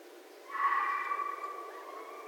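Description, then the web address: Red fox scream: a single harsh, sustained wailing cry with stacked harmonics, starting abruptly and holding steady for nearly two seconds over a low hiss. Recorded 6 January 2012. "Red Fox 2012 01 06 Red Fox"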